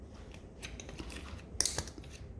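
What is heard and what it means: A plastic electrical connector is pushed onto the door lock sensor of a 2014 A8 with 242k km. After a low, rustling handling noise, a loud, sharp click at 1.6 s is followed by a couple of smaller clicks. The connector is seated.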